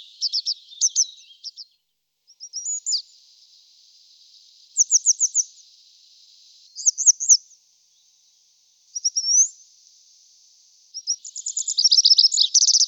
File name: Konipas horni Motacilla cinerea